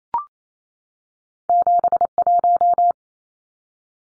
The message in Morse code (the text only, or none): 71